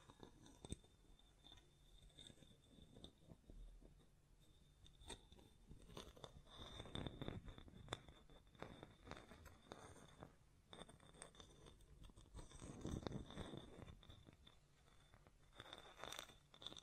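Hands tap, scratch and brush against a microphone in an irregular run of short crunchy strokes and clicks. Sharp taps stand out near the start and end, while denser rustling swells around seven seconds and again near thirteen. A thin, steady high whine persists underneath.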